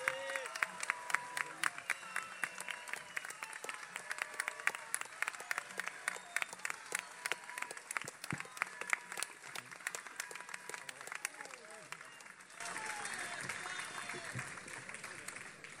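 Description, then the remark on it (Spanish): A crowd applauds steadily at a Unidad Popular political rally, welcoming teacher Gonzalo Abella, a candidate on the party's ticket. Dense overlapping claps fill the whole stretch with bright, crackling texture, shifting slightly in tone near the end as the clapping continues. “Fuerte el aplauso para el compañero Gonzalo Abella.”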